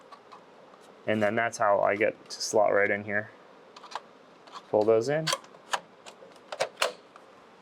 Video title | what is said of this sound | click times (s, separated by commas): Is this just a big waste of money? - ENVR Bezel | pops right in and there you go you can see your previews of | 6.8 s